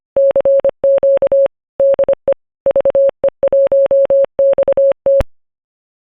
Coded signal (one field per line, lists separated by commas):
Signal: Morse code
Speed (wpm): 25 wpm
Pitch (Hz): 550 Hz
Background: none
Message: CQ DE VE1XT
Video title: Ham Radio: Log4OM Version 2 (Next Gen) Overview And How To Move From Version 1